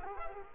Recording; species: mosquito wingbeat signal from an infrared sensor; Culex quinquefasciatus